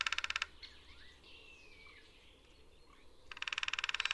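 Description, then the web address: Lesser spotted woodpecker drumming, rolls cut at both ends, with a gliding whistle and soft chirps from other birds between them. "Hackspett ljud Mindre"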